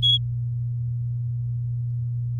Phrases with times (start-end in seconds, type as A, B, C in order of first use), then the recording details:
0.02-0.18 A. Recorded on 6 May 2018 at 08:55. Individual llb16